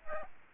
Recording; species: mosquito wingbeat signal from an infrared sensor; Aedes aegypti